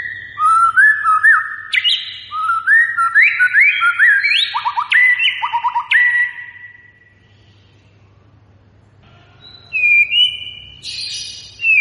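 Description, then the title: White-rumped shama song: loud, varied whistled phrases stepping up and down with rapid trills and sharp notes, pausing near the end before resuming with high whistles. Lure recording meant to make a white-rumped shama respond; the bird is described as singing actively. "PANCINGAN MEWAH MURAI BATU GACOR, SEKALI DENGAR AMPUH LANGSUNG RESPON"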